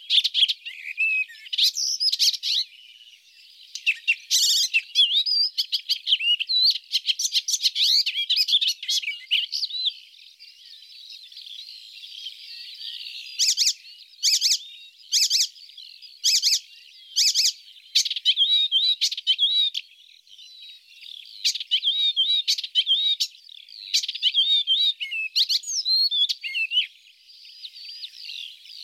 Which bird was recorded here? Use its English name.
Icterine Warbler